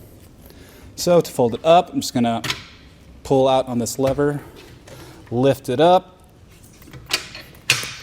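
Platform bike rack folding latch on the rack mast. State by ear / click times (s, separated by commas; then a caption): seated / 7.7 s. A person talks while pulling out the release lever and lifting a RockyMounts MonoRail platform bike rack for 2 bikes, mounted on a 2022 Volkswagen Taos, to fold it up. Faint rattles and a thud from the rack are heard near the end of the clip. The fold latch on the rack mast engages with a loud click at 7.7 s, seating the rack in its folded position.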